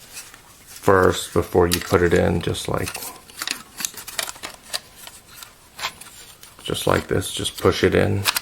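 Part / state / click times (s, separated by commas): 2.5-inch hard drive into adapter tray / not seated / none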